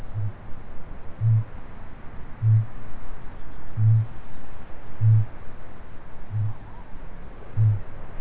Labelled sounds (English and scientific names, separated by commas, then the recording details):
Kākāpō (Strigops habroptilus) boom
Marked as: faintness 2/5
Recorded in New Zealand
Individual Stumpy